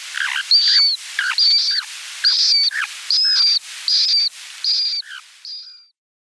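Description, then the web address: Dunlin giving a series of short, harsh, slightly buzzy high calls, about seven in six seconds, at a fairly steady pace, with the last one fading away. "Schulze Peter Dunlin"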